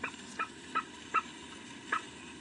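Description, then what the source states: Spotless crake booking call: several short hollow clucking notes, spaced unevenly. Booking call, a 'book, book, book' sound like a chicken clucking while scratching around; a recording played back to prompt crakes to respond.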